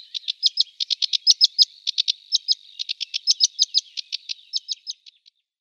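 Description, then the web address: Sedge warbler song: a steady, quick series of sharp ticking and chattering notes with short upward flicks, kept up for about five seconds. "Schulze Peter Sedge Warbler song"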